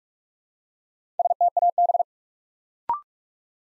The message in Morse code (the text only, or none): STAB